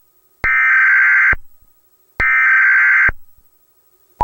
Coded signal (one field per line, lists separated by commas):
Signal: Emergency Alert System (SAME) tones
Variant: header bursts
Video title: EAS Scenario John Doe - Roblox Part One